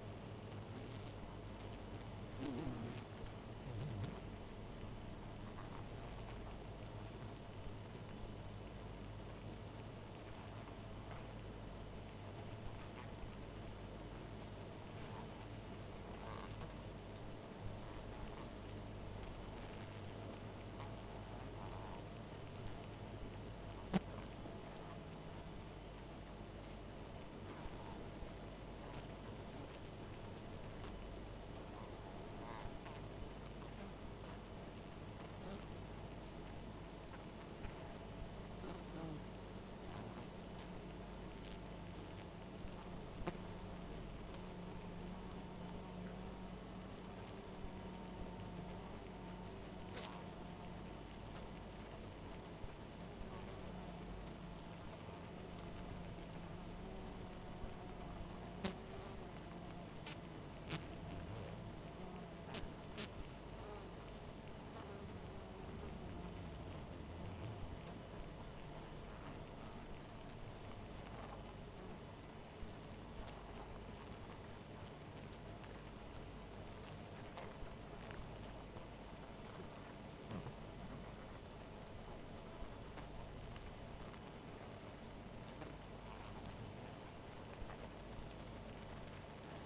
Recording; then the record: honeybee colony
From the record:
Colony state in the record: missing queen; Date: 14 July 2017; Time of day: 0:51